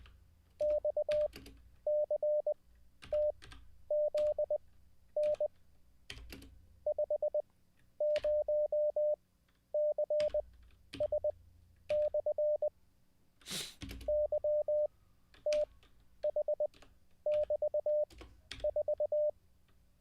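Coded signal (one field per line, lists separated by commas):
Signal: Morse code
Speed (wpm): 20 wpm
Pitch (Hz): 600 Hz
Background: none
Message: XCTZN 50CS/ YTH<BT>4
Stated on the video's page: Live Morse code practice after a week-long break.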